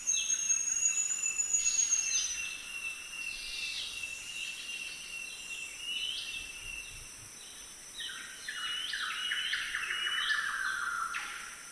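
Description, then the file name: Golden whistler song, a run of clear whistled notes, some slurred downward and some rising, repeated in quick phrases over a steady high hiss. "golden whistler bird singing"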